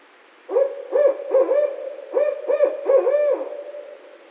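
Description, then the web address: Barred owl giving a rhythmic series of deep, wavering hoots in two groups, each hoot rising then falling, ending with a longer drawn-out note. Recorded 16 March 2011. "Barred Owl 2011 03 16"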